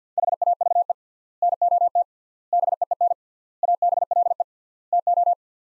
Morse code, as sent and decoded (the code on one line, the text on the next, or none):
.... .- ...- . / -. --- - / -... . . -. / .- -... .-.. . / - ---
HAVE NOT BEEN ABLE TO